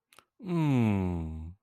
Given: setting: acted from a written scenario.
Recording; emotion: vocal sound without words; sympathy